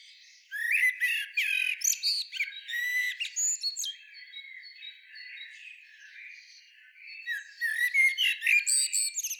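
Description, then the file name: Common blackbird chattering: a long run of scratchy, squeaky notes, a softer pause, then another lively burst of twittering. "Turdus merula"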